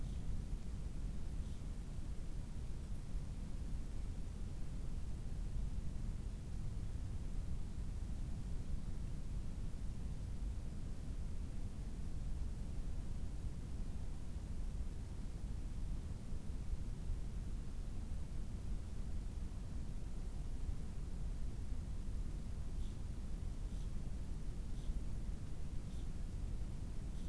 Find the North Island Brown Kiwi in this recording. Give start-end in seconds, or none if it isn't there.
none